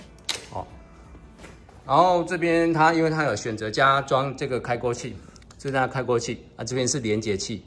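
The operator presses the clutch handle of a Honda FF300 cultivator down and hooks the safety catch over it, and the catch latches with a sharp mechanical click at 0.3 s. Someone then talks from about 1.9 s to the end.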